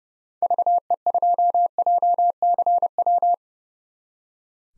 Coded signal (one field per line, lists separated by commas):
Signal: Morse code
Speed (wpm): 30 wpm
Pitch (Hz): 700 Hz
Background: none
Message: VE2JCW